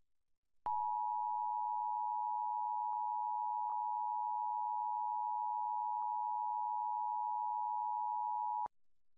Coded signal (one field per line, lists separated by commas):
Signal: Emergency Alert System (SAME) tones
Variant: 853 and 960 Hz attention tone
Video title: Nationwide EAS Test | WNEP 16 | 7 Aug 2019 02:20 PM EDT